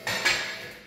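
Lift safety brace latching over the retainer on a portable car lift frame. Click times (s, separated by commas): 0.1 s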